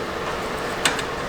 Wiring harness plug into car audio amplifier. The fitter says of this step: an extra slack push it till it snaps into place and if